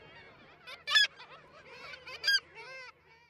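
Black-legged kittiwake calling, harsh nasal squawks in a short irregular burst, two louder strident notes standing out, over a background of other calls.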